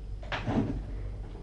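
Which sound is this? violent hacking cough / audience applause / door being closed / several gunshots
door being closed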